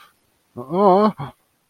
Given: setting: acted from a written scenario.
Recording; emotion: vocal sound without words; embarrassment